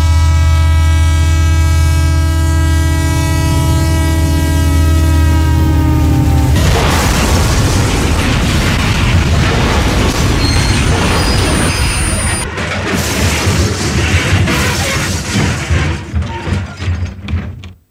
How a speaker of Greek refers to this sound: Αυτό το μπαμ που βάλατε με το τρένο.